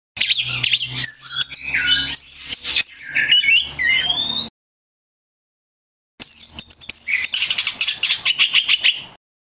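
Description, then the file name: Magpie-robin song: varied harsh squawks, whistled slurs and rattles, a brief pause, then a rapid run of buzzy repeated notes. Black ('lutung') Cebu form. "audio burung kacer lutung cebu. omkicau"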